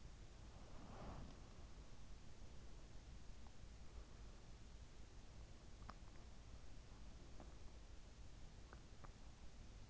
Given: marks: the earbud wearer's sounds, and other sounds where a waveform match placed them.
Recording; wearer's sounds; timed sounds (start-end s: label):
sounds in sleep by an in-ear microphone; body movement
0.00-2.60 s: body movement